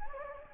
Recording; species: mosquito wingbeat signal from an infrared sensor; Anopheles gambiae